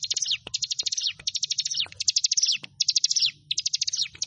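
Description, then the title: Prinia singing quick, high-pitched trills of clipped notes that dip at the end, delivered in short bursts almost back to back, with a faint low hum underneath. "Ciblek Sawah 1"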